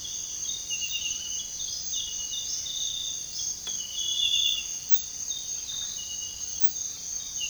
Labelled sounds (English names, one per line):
none